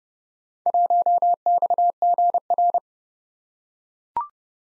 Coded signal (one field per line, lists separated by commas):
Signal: Morse code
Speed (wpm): 28 wpm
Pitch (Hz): 700 Hz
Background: none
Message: 1XGR